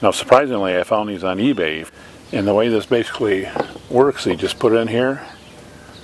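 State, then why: Not seated. A solar cable plug is being handled at an RV's wall-mounted Furrion solar power port while someone talks, with the voice fading to quiet background noise near the end. The plug has not yet been pushed home, and nothing has seated or clicked yet.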